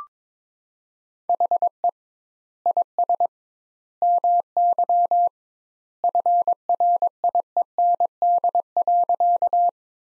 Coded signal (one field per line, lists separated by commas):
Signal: Morse code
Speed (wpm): 21 wpm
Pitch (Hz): 700 Hz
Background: none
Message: HE IS MY FRIEND.